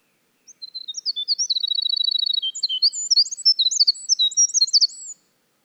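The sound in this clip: Winter wren singing a long, high-pitched run of sharp chips, a quick rattling trill in the middle, then tumbling twittery warbles to the end.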